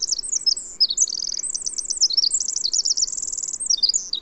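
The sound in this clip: A bird pours out a fast, high, tumbling song of chirps and rattling trills, unbroken from start to finish against low steady hiss.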